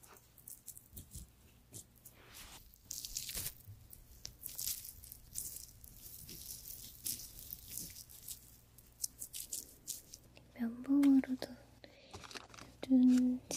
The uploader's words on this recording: ASMR First Person Skin care Room (Korean). This Asmr has a lot of creamy products, and a lot of massages.